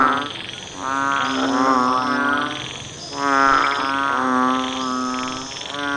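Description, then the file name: Banded bullfrogs calling: long, low, buzzy moaning notes that overlap and slur together, with thin steady high tones above. "เสียงอึ่งอ่างร้อง"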